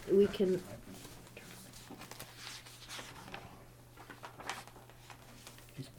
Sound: paper rustling, they whisper

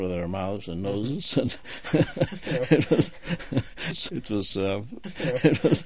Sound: he laughs

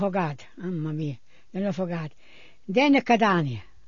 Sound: none

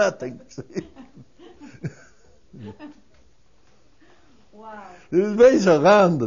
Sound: they laugh

